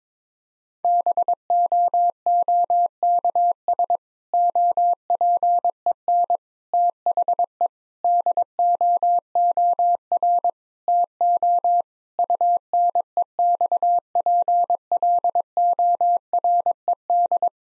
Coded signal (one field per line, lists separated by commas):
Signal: Morse code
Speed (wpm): 22 wpm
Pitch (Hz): 700 Hz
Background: none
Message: BOOKS OPEN THE DOOR TO UNEXPLORED